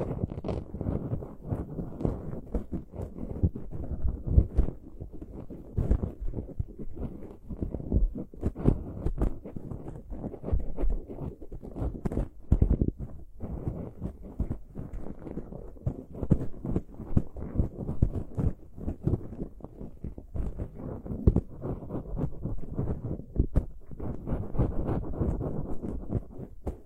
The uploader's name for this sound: pure ear picking, heartbeat simulation